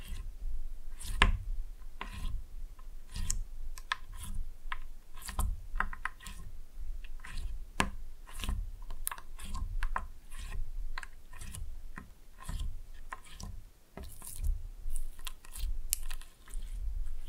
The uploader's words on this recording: ASMR Fun with Slime No Talking.